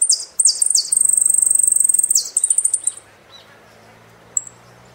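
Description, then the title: Saffron finch song: a bright, rapid string of high notes running into a long trill, then quieter notes and one isolated chip, with a faint low hum beneath. "Jilguero Argentino"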